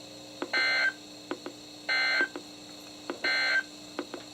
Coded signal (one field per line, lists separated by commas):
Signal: Emergency Alert System (SAME) tones